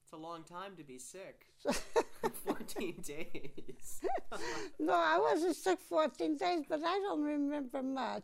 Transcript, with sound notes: It's a long time to be sick. ( they laugh ) Fourteen days.
No, I wasn't sick fourteen days, but I don't remember much.